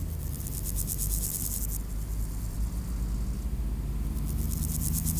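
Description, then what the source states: Grasshoppers stridulating in high, rapidly pulsed buzzy bursts that stop midway and resume near the end, over a steady low rumble of passing cars. Grasshoppers by road D633 at Aveize, France, with cars passing, around five o'clock; recorded with a Sony PCM-M10 in AB microphone position.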